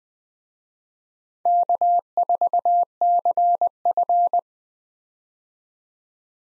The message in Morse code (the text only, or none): K4CF